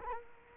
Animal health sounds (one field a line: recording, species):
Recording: mosquito wingbeat signal from an infrared sensor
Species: Culex quinquefasciatus